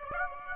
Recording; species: mosquito wingbeat signal from an infrared sensor; Aedes aegypti